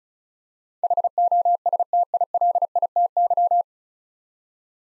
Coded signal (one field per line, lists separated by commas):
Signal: Morse code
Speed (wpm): 36 wpm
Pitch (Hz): 700 Hz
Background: none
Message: HOSTILITY